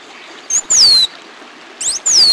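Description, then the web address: Bird calls: two sharp, high downslurred whistles, each preceded by short flicking notes, separated by a quiet pause. "Peterson North American Birds"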